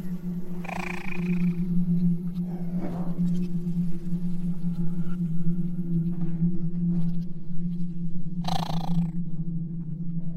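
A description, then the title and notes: Exoplanet ambience: a steady low hum with strange animal-like cries near the start, around three seconds, and a brighter call near nine seconds. Alien planet | Exoplanet Ambience.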